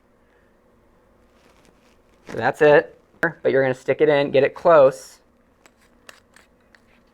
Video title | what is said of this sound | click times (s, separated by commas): Orchard Makerspace Tutorials: POWER DRILL | and then listen for the clicks. Now this is good to go. | 5.7 s, 6.1 s, 6.4 s, 6.8 s